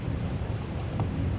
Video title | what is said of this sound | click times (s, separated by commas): How to remove battery from VW Sharan / Seat Alhambra 2.0tdi (7N) | into that cutch and then we push it down so they click in here | 1.0 s